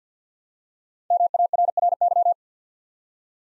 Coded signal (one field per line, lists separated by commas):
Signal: Morse code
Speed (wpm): 48 wpm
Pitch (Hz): 700 Hz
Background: none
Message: MARRY